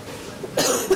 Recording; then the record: coughing mixed with background sound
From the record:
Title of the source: 34 coughing up crap again